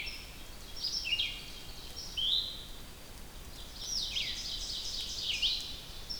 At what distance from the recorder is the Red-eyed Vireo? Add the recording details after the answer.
about 20 m. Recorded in boreal forest in Alberta, Canada, on 2 June 2016 at 06:39. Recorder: SongMeter 3, array SBT-3-7. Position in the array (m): 117 m, 159 m